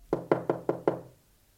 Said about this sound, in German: Also verließ ich Nummer 12 und geisterte den Gang entlang und klopfte an eine Tür.